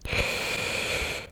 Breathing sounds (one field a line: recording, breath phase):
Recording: one breath near a microphone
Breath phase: inhalation